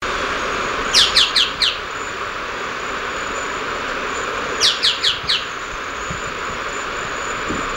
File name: Scytalopus chocoensis - Choco Tapaculo